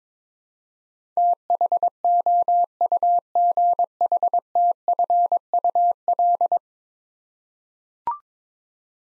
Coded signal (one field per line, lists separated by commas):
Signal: Morse code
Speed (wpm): 22 wpm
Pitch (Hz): 700 Hz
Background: none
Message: THOUGHTFUL